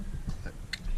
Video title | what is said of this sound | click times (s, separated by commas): Ford fiesta mk7 Misfire, oil and filter Change | them in nice wait for the click | 0.7 s